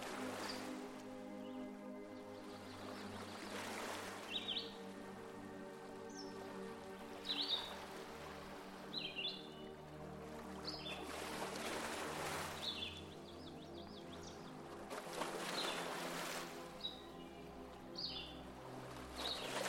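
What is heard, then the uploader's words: Lake water laps at the shore in soft, hissing washes that swell roughly every three to four seconds. Short bright bird chirps break in now and then, and a steady layered low hum runs beneath everything throughout. Taking a Nap by the Lake. It's a warm summer afternoon and the birds are singing high in the trees. The lake is lapping the shore.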